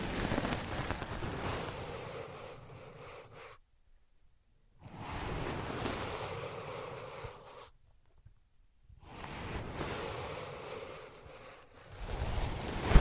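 Scratching and tracing on microphone ear pads makes a dense, muffled rushing sound, like surf or wind. It comes in three long stretches of about three seconds, separated by two abrupt silent gaps, and ends with a sharper, louder bump.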